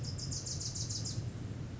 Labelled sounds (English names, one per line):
Bewick's Wren